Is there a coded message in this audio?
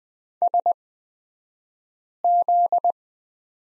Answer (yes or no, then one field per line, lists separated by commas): yes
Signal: Morse code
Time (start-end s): 0.4-2.9 s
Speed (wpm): 20 wpm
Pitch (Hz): 700 Hz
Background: none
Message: SZ